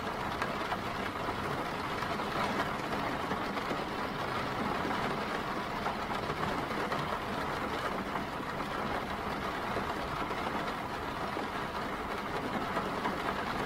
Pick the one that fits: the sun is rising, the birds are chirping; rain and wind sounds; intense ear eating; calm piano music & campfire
rain and wind sounds